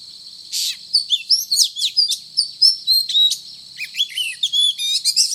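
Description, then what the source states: Oriental magpie-robin song of rapid, varied whistled notes, some rising and some falling, delivered almost without pause after a harsh opening note. Called kacer; described as gacor, meaning singing energetically and incessantly.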